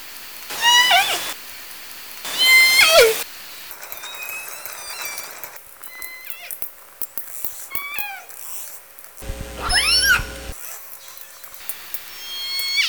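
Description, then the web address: Killer whale calls, loud harmonic bursts with falling endings, repeated several times, plus fainter calls and clicks over an underwater hum. Southern Resident killer whale calls. "SRKW Orca Calls"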